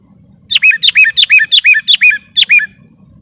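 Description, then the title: Sooty-headed bulbul singing six quick phrases in a row, each a sharp high note dropping into a bubbly, falling whistle, with a faint low rumble underneath. "kutilang"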